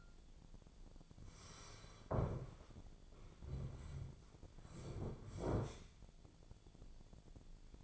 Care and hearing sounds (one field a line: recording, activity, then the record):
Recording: daily activity, microphone in the room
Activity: sit down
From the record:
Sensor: 5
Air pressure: 1008.2 hPa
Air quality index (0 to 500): 153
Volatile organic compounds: 3 ppm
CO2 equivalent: 1470 ppm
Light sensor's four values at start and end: 60/169/66/66 and 60/169/66/66